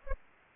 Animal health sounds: mosquito wingbeat signal from an infrared sensor; Aedes aegypti

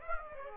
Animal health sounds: mosquito wingbeat signal from an infrared sensor; Aedes aegypti

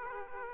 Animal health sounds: mosquito wingbeat signal from an infrared sensor; Aedes aegypti

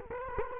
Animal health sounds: mosquito wingbeat signal from an infrared sensor; Culex quinquefasciatus

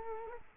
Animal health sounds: mosquito wingbeat signal from an infrared sensor; Culex quinquefasciatus

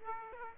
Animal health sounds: mosquito wingbeat signal from an infrared sensor; Aedes aegypti

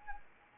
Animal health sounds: mosquito wingbeat signal from an infrared sensor; Anopheles arabiensis

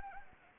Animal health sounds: mosquito wingbeat signal from an infrared sensor; Anopheles arabiensis

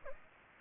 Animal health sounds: mosquito wingbeat signal from an infrared sensor; Aedes aegypti

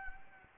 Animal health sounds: mosquito wingbeat signal from an infrared sensor; Anopheles arabiensis

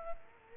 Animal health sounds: mosquito wingbeat signal from an infrared sensor; Culex quinquefasciatus

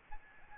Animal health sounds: mosquito wingbeat signal from an infrared sensor; Aedes albopictus

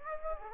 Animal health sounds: mosquito wingbeat signal from an infrared sensor; Aedes aegypti

